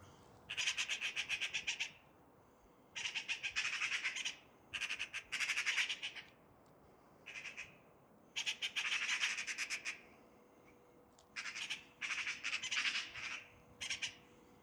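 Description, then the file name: Eurasian magpie chattering in repeated harsh, rattling bursts, some long and some short, with brief pauses between them and a faint steady hum underneath. "Pica pica"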